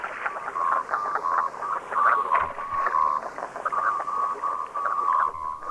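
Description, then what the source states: Common Merganser calls: a steady run of many short notes at one middle pitch, with faint background hiss. Field recording.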